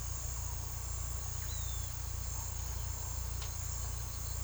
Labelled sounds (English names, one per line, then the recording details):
none
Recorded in pastures near Puerto Asís, Putumayo, Colombia, on 18 December 2024 at 16:30
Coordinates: 0.486, -76.323
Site GP01